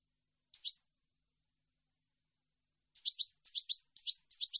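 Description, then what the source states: European goldfinch song of paired high, liquid notes: a single pair, a pause, then several pairs repeated about twice a second. Clean, noise-free goldfinch song issued on a CD, intended as a model for birds to copy.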